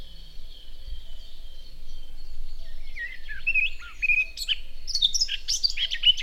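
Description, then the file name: Eurasian blackcap song: a quickening jumble of chirpy, warbling notes that grows louder over the final seconds. "Sylvia atricapilla"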